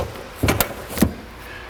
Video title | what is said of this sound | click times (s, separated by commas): Mini Cooper Parking Brake Cable Replacement | it's gonna push this back up through the body till it clicks right they | 0.6 s